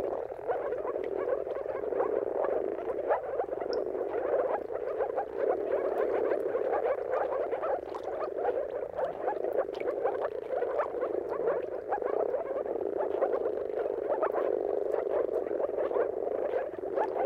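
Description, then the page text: Moor frogs calling together, an unbroken wall of soft, muffled bubbling notes that stays steady for the whole stretch. Chorus of many moor frogs giving mating calls at sunrise, at the turn of March and April, timing depending on the weather. "earth-fm Jakub-Orzecki. Depending on the weather at the turn of March and April, you can witness an amazing spectacle of moor frogs"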